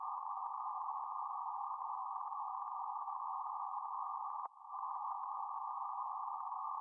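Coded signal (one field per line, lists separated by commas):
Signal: PSK31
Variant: BPSK31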